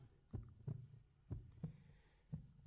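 A normal adult heartbeat, recorded beside a microphone.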